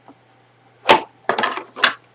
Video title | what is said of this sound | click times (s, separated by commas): Circus - Part 2 The Train | just gonna help these pieces go in you know can you kind of hear that snap well | 1.3 s, 1.8 s